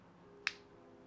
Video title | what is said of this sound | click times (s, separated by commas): *NEW* Lip Smacker Lip Balm Review -- Coca Cola Lip Balm -- Fanta Lip Balm -- Sprite Lip Balm | heard the click so it does click once you close it so that you know it is secure | 0.5 s